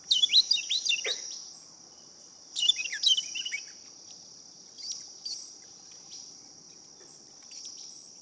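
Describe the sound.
Carolina wren song: two quick bursts of rapidly repeated rolling phrases, then fainter scattered notes, over a steady high insect drone.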